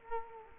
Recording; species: mosquito wingbeat signal from an infrared sensor; Culex quinquefasciatus